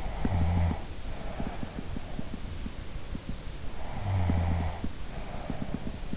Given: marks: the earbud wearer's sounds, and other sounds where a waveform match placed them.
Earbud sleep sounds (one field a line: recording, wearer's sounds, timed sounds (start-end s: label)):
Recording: sounds in sleep by an in-ear microphone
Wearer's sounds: snoring breath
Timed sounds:
0.04-2.31 s: snoring breath
3.78-6.17 s: snoring breath